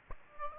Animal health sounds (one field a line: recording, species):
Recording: mosquito wingbeat signal from an infrared sensor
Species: Aedes aegypti